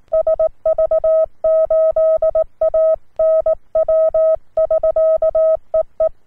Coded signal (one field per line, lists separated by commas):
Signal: Morse code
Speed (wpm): 19 wpm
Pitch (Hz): 640 Hz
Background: none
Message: SV8ANW <SK> EE